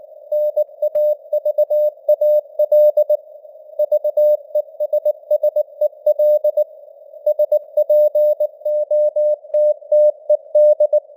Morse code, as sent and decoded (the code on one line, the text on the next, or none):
-. .- ...- .- .-.. / ...- . ... ... . .-.. / ... .--. --- - - . -..
NAVAL VESSEL SPOTTED